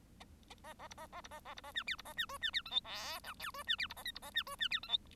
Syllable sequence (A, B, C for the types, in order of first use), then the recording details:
A A B A A B A A B A C D B A C E C D F G H I J E C D B A K B A C E C D F G. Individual Bird1